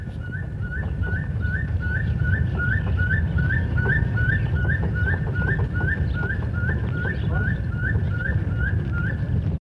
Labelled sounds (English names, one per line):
Crowned Eagle call